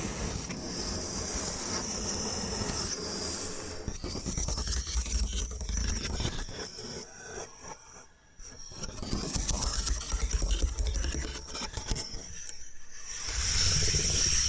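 Bamboo being scratched and brushed, a dense rasping hiss that runs nearly throughout with fine rapid strokes and bright upper edges. Quick tapping clicks show around four to seven seconds, the sound thins briefly near eight and again near twelve, then grows louder and fuller at the end.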